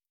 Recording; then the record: hydrophone in a shrimp aquaculture tank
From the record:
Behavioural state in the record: starved